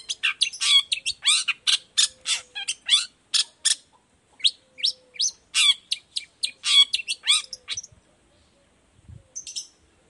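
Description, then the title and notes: Long-tailed shrike song: rapid, harsh, chattering notes for about eight seconds, then a brief pause and a few faint notes. Cendet (long-tailed shrike) singing actively in the morning; song with varied 'toet toet' notes, used as a lure to make shrikes of any type reply and open their beaks. "Cendet Gacor Dor Di Kala Pagi Toet Toet Variasi Suara. Cendet Gacor Efektif Pancingan Buat Cendet Jenis Apapun Agar Cepat Nyaut Buka Paruh. Burung cendet"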